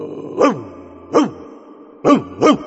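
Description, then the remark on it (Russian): A large black dog barks four times, each bark a deep, loud, rough burst. The first two are spaced well apart and the last two come in quick succession, with no talking. “И тут же к клумбе подскочил большой черный пес.”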